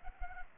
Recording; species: mosquito wingbeat signal from an infrared sensor; Culex pipiens